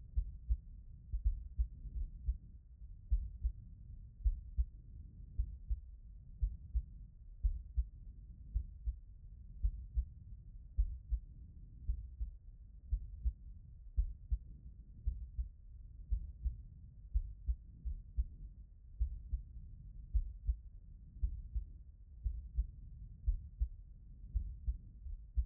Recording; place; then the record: heart sounds by stethoscope; pulmonary valve (PV)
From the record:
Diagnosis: non-HFrEF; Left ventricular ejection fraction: 48%